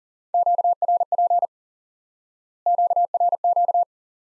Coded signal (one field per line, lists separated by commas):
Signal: Morse code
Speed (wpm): 40 wpm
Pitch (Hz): 700 Hz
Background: none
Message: QRP QRQ